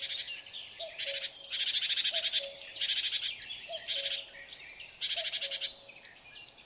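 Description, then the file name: Great tit calls: long harsh buzzing chatters and short high whistles, with a low, soft falling double note repeating regularly. "Parus major"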